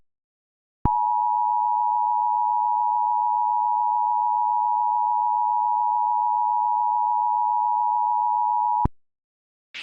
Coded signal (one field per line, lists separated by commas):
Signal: Emergency Alert System (SAME) tones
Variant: 853 and 960 Hz attention tone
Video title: On the Loose (An EAS Scenario)